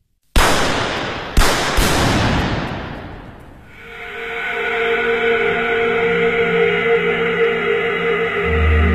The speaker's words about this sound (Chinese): 这是血腥的一天，上海街头枪声大作，300多人被杀，500多人被捕，数千人失踪，